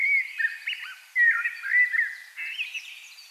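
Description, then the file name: Common blackbird song of dense, rich fluted warbling in quick bursts broken by brief pauses. "Turdus merula"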